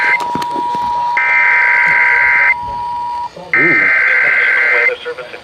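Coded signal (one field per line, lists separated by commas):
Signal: Emergency Alert System (SAME) tones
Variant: header bursts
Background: speech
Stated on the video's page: Compilation of 48 EAS alerts, recorded with a phone.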